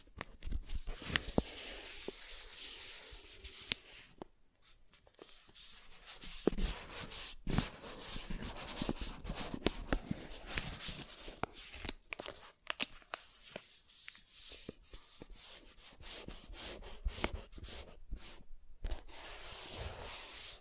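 Soft tracing across smooth and rough surfaces, a continuous hushed scraping that swells and fades as the strokes change. Sharp little clicks and taps break through often and irregularly, and the texture turns brighter and grittier in some passages, quieter and smoother in others.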